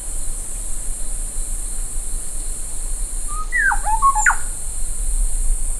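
A bird gives a quick run of whistled notes, some falling and one abrupt upward stroke, late over a steady hiss.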